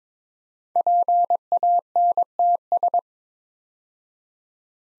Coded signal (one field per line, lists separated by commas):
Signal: Morse code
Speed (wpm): 22 wpm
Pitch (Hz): 700 Hz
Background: none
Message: PANTS